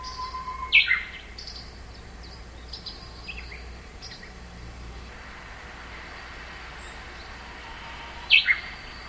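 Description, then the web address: Japanese bush warbler sings two phrases about eight seconds apart, each ending in a quick, bright flourish; the first begins with a faint whistle. Faint chirps fall in between. Dated April 2011. "nishikawa 201104 uguisu"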